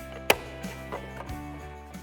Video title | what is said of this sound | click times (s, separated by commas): The Morimoto LED Mirror Lights For The 09-14 F-150 Are A Must-Have! - Review & Installation | snaps right into place just like | 0.3 s